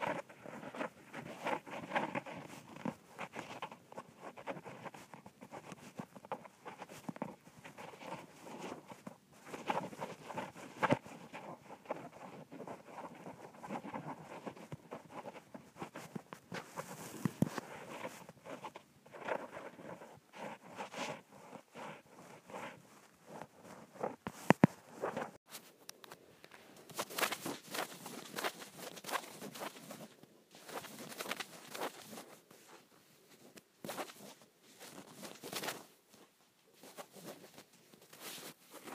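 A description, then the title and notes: Fingernails scratch at a shirt, a dense, steady rasp of fabric for the first twenty-five seconds or so. After that the strokes grow sharper, brighter and more separate, coming in quick bursts with short pauses between them. Scratching my Shirt.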